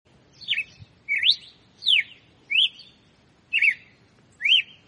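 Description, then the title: Red-cowled cardinal whistling six clear slurred notes, some rising, some falling, at a measured pace with short silences between, one gap a little longer. Female bird; song in the "açoite compassado" style. "Canto Galo Campina Fêmea. Galo de Campina Açoite Compassado"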